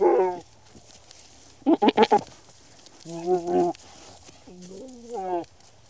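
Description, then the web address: Goat bleats: harsh, wavering, harmonic cries, with a rapid burst of four pulsed bleats near two seconds and longer quavering bleats after it. Goats mating. "The BBC Sound Effects Library. Goats Mating"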